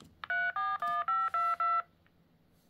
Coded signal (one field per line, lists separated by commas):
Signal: DTMF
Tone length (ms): 220 ms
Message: 34152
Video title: VGC - N76 , New Firmware v74 , - DTMF , Tone & Freq Scan Plus more